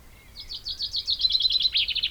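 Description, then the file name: Common chaffinch song, a fast series of bright notes leading into a flourish, with a faint thin whistle beforehand. "Fringilla coelebs"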